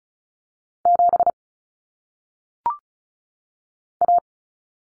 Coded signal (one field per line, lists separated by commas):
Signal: Morse code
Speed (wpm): 36 wpm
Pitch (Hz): 700 Hz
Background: none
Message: 7 A